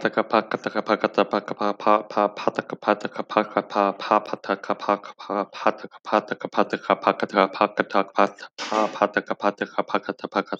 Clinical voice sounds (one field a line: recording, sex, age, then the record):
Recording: repeated syllables /pa ta ka/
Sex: male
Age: 20 to 29 years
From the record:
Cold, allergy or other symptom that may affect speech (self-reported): no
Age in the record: 27 years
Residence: Texas, United States